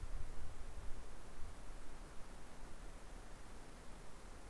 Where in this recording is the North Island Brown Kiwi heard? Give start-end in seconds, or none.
none